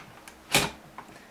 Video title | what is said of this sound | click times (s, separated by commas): How To Install A CrossFire Configuration | you'll hear that click into place | 0.5 s